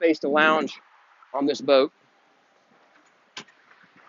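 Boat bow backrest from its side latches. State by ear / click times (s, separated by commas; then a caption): released / 3.4 s. Someone talks, then the bow backrest latch on the side of a 2019 Boston Whaler 240 Dauntless boat is released so the backrest can be pulled down. A single sharp click sounds at 3.4 seconds, with a faint tick just after, as the latch easily disengages to fold down.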